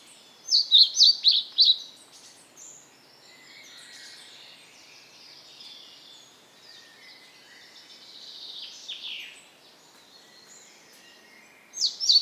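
Bird song with a short burst of bright, rapid chirps opening the recording, then softer twittering, and another chirpy phrase returning at the very end.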